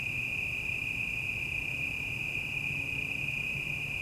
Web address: City Night Evening Ambience, Quieter, Cicadas, Distant Traffic. GDC 2019-Game Audio Bundle 2496 Sound Effects - Surround in The Night